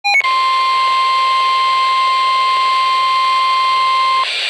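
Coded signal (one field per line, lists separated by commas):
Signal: Emergency Alert System (SAME) tones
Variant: 1050 Hz attention tone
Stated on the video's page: Tornado warning on NOAA weather radio transmitter WXJ87.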